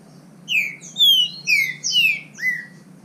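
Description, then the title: Green-winged saltator song: five loud, slurred whistled phrases, most sliding downward, delivered in quick succession against a quiet background. Bird called Nicão singing in the forest in a contest with a free-living wild bird. "Trinca Ferro NICÃ O No Mato Disputando Com Solto"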